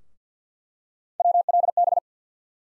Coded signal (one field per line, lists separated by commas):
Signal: Morse code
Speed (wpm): 50 wpm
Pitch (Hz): 700 Hz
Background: none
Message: WLB